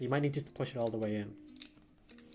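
A ratchet adjustment knob on a 3D-printed plastic VR headstrap for the Oculus is handled against the headstrap's back housing while someone talks, followed by a few faint, brief ticks. The knob is being pushed all the way in to its locked position, since pushed fully in it locks and pulled out a bit it is loose, but nothing has seated or clicked yet.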